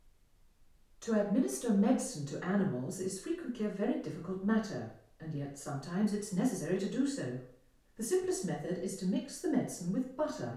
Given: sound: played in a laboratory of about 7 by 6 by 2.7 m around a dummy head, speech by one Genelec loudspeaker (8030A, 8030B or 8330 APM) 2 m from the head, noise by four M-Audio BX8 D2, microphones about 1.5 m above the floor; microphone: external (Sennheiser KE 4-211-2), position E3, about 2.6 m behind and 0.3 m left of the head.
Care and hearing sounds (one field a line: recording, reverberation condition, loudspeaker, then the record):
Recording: female speech in English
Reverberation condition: medium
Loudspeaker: 90 degrees to the right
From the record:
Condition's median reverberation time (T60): about 510 ms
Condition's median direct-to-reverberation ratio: about -0.5 dB